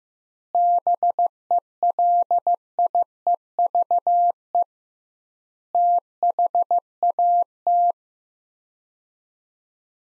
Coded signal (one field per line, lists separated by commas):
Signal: Morse code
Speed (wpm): 15 wpm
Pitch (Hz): 700 Hz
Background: none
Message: BELIEVE THAT